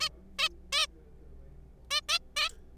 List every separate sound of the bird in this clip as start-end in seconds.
0.01-0.09, 0.39-0.49, 0.73-0.86, 1.91-2.00, 2.09-2.19, 2.37-2.49